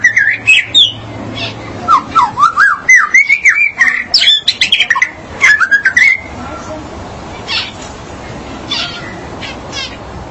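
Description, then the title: Magpie-robin or shama song: loud bursts of fast, scratchy whistled notes jumping up and down, then quieter scattered chips. "BM Suara Burung Murai"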